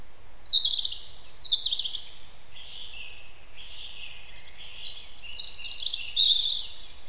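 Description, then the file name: European robin singing a continuous flowing phrase of high twittering notes, trills and descending slurs over light background hiss. "Erithacus rubecula"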